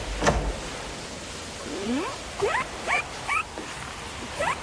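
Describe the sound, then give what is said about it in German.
A small Yorkshire terrier whimpers in a series of about five short, high, rising whines, spaced irregularly over a soft steady hiss, with a brief sharp click near the start. “Hier ist der Yorkshire, Madame.”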